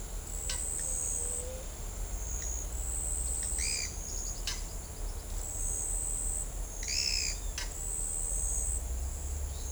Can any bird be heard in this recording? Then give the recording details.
yes. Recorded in shrubland near Pivijay, Magdalena, Colombia, on 4 June 2023 at 08:00. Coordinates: 10.453, -74.365. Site P5-G022